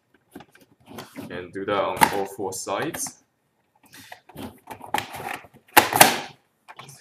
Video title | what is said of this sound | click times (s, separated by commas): How to repair Recover Data hard drive from broken external Wd repair solution SWAMI INFOSYS | Cut it, so there's a click, and just be patient. | 5.8 s, 6.0 s